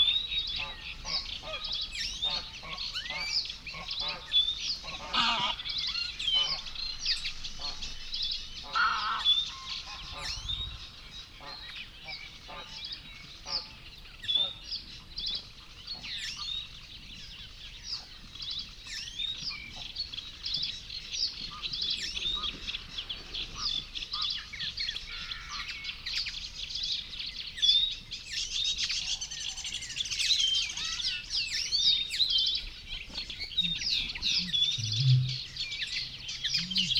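Sedge warblers and reed buntings sing persistently over a dense reedbed chorus, with loud cackling greylag geese passing overhead and low grunts near the end.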